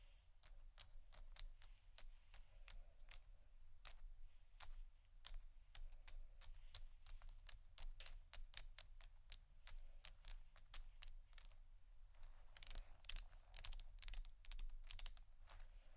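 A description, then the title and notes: Bags are tapped in a dense run of sharp clicks, fairly regular at first, thickening into a quicker, busier cluster near the end over a low hum. ASMR Tappingscratching Galore 4 Bags (No Talking).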